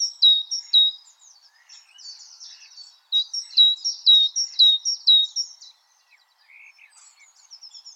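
Great tit song: clear two-note teacher-like phrases in quick bursts, a pause with softer notes, then another burst.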